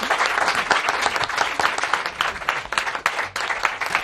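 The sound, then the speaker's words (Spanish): A steady burst of applause from a group for someone who has just sung, dense overlapping claps sustained for about four seconds at an even, fairly loud level with no talking. “Bueno, pero aparte de toda esta tonada, yo creo que recibe un aplauso, hombre, que hace un esfuerzo.”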